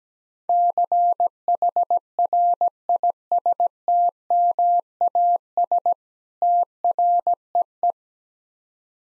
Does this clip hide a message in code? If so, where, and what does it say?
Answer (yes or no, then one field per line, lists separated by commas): yes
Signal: Morse code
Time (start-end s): 0.5-7.9 s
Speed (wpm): 17 wpm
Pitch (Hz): 700 Hz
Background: none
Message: CHRISTMAS TREE